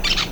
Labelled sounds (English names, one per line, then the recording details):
Brown-throated Parakeet contact call
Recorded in Venezuela
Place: Cerro Saroche, Hato Dalmatela, Edo. Lara
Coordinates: 10.149, -69.534